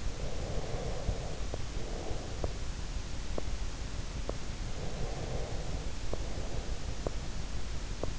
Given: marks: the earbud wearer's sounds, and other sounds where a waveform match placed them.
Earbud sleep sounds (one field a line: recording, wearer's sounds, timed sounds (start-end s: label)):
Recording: sounds in sleep by an in-ear microphone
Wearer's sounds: breath, teeth grinding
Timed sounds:
0.18-2.78 s: breath
2.37-2.58 s: teeth grinding
3.29-3.61 s: teeth grinding
4.20-4.60 s: teeth grinding
4.77-6.93 s: breath
6.93-7.23 s: teeth grinding
7.98-8.17 s: teeth grinding